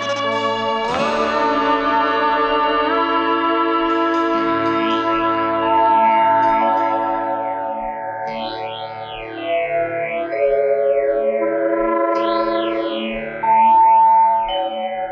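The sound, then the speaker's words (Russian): A synthesized spaceship landing effect: a sharp onset opens into a loud, buzzing electronic drone, then warbling tones sweep up and down again and again, with no voices. “Вторая планета системы Медуза. Идем на посадку.”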